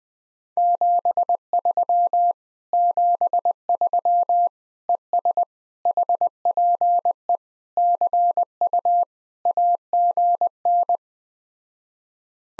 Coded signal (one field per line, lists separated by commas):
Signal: Morse code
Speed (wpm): 20 wpm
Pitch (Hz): 700 Hz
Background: none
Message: 73 73 ES HPE CU AGN